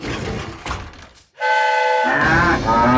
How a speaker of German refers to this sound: Das Hupen erschreckte die Kühe so sehr, dass sie aus dem Waggon stürmten und in alle Richtungen davonrannten.